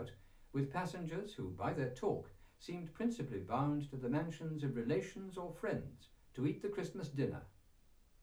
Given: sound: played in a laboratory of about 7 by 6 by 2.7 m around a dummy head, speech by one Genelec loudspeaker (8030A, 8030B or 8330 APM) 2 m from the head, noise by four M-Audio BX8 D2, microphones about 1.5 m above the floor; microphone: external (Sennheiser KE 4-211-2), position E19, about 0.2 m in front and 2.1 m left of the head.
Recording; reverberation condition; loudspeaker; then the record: male speech in English; low; 90 degrees to the right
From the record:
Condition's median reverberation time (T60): about 310 ms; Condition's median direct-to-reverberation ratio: about 3.5 dB